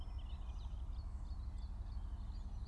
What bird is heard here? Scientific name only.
Turdus philomelos